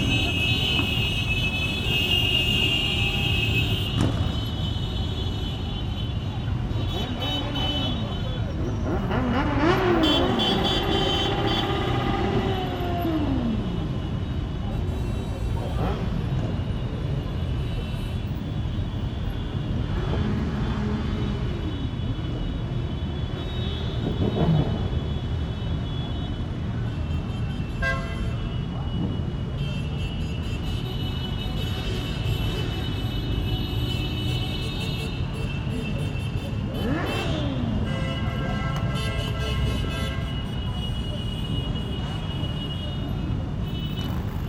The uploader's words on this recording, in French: Enregistrement d'un défilé de motards boulevard de la Villette à Paris en mars 2012. Défilé de motards à Paris.